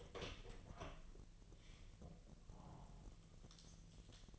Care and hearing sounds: daily activity, microphone in the room; open door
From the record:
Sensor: 4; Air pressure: 1002.2 hPa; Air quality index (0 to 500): 249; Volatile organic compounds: 42 ppm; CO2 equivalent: 3180 ppm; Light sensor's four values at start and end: 10/23/9/8 and 10/21/8/8

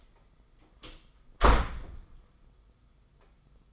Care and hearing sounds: daily activity, microphone in the room; close door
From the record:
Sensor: 5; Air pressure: 990.6 hPa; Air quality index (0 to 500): 154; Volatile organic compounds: 188 ppm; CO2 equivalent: 4174 ppm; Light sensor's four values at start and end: 26/63/26/28 and 26/61/25/28

